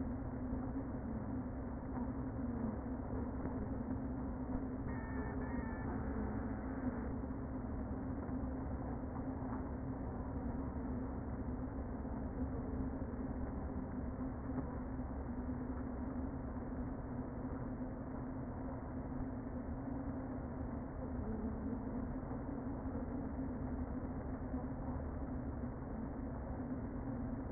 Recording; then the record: honeybee colony, microphone inside the hive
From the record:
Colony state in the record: queen present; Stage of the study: before two queens were removed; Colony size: about 60,000 bees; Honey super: yes